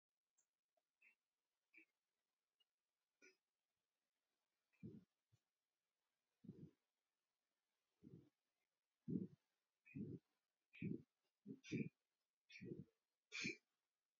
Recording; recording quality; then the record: shallow breathing; excellent, no background noise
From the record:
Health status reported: healthy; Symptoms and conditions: diabetes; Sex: female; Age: 64 years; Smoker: not ticked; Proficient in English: yes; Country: India